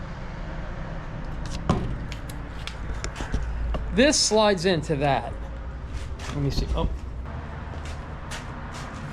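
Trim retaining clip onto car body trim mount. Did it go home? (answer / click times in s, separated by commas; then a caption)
no / none. A body trim retaining clip is handled against its mount on a 1969 Camaro body, with a few light taps and handling noises around 1.7 to 3.7 seconds while someone talks. Nothing has seated or clicked yet.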